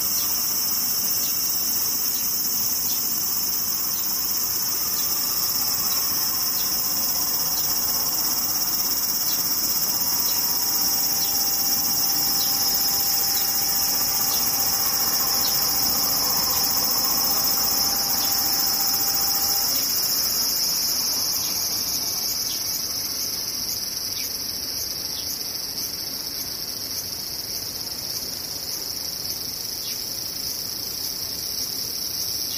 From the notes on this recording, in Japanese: セミ